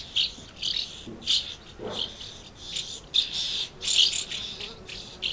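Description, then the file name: Swallows chattering in high, buzzy twitter bursts, with a brief lower sweeping note near the middle. Swallows recorded at Amblagnieu on 2 July 2017 with an MZ-N710 recorder. "Hirondelles Amblagnieu 2 07 17"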